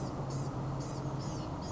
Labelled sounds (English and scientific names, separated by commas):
Blue-gray Gnatcatcher (Polioptila caerulea)